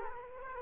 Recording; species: mosquito wingbeat signal from an infrared sensor; Culex quinquefasciatus